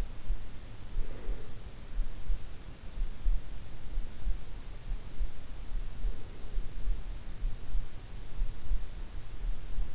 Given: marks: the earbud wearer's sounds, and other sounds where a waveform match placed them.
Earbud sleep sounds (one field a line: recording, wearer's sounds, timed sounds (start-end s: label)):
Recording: sounds in sleep by an in-ear microphone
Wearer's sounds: breath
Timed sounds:
0.00-2.47 s: breath